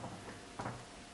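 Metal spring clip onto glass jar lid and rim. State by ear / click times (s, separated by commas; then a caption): not seated / none. Metal spring clips are handled against the glass lid and rim of a fermenting jar, which sits over a rubber seal. Soft handling knocks and rustles are heard, with a brief louder clatter around 0.6 to 0.7 seconds. Nothing has seated or clicked yet.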